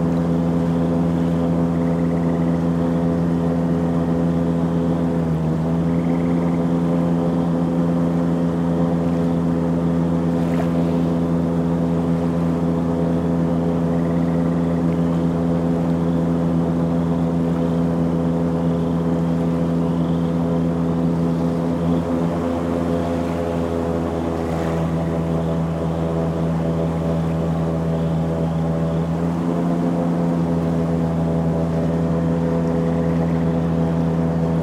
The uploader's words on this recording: Gliding on the Everglades: Relaxing Sounds of an Airboat Ride. Sitting in the airboat, as it glides through the water and tall grasses. The gentle hum of the airboat's motor adds to the ambiance.